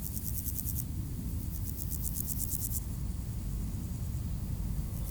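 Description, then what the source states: Grasshoppers rasping in two short pulsed bursts, then mostly low, heavy traffic rumble with a faint buzz returning at the end. Beside the D633 road at Aveize, France, with passing cars; Sony PCM-M10 recorder, AB microphone position.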